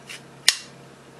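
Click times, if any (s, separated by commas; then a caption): 0.5 s. A sliding insert is pushed by hand into its mounting on a homemade hog-catching switch device while a side release button is held, and it slides home. After a faint brief rustle, a single sharp, bright click sounds at 0.5 s as the insert locks in place, then it goes quiet apart from a steady low hum. The insert is seated and locked.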